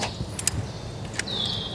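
During a clutch replacement on a Volvo FM 440 truck, a metal snap ring is fitted into its groove to lock the release bearing and pressure plate assembly against its spring. A sharp snap at 0.5 s marks the ring seating, with smaller taps around 0.4 s and 1.2 s and a steady high-pitched whine from about 1.3 s onward.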